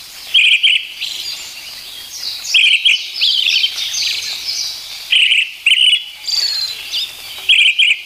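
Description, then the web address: Brown-headed thrush song of several short repeated phrases of clear notes with a high sibilant tail, with busy twittering birds behind. "sikioto birds akahara"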